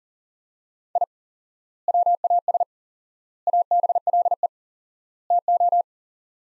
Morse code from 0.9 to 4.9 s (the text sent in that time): I WAS ABLE